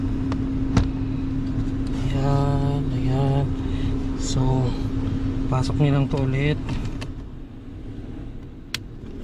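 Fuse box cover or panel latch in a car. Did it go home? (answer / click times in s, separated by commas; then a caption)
yes / 8.8 s. Someone talks over a steady low hum while a fuse box cover or panel latch in a car is re-inserted and pushed back in. A few faint taps come early, and at 8.8 s the latch locks with one sharp click, showing it has seated.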